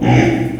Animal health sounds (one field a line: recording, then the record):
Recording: squeal of a Yucatan mini pig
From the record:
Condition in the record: before surgery on the right vocal fold (resection and tissue-engineered implant)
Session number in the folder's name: 3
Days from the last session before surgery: 0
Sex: female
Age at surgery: 19 weeks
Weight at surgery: 25 kg